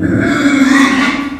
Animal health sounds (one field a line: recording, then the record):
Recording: squeal of a Yucatan mini pig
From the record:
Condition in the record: after surgery on the right vocal fold (resection and tissue-engineered implant)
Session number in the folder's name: 4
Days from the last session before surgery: 26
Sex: female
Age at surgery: 19 weeks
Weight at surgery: 25 kg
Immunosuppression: prednisolone